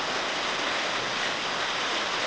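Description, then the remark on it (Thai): Steady, dense rain drums on a corrugated zinc roof, a continuous hissing patter with no breaks, fairly loud and even throughout, with no voices. “เวลาฝนตกเนี่ยมันกระทบกับหลังคาสังกะสี”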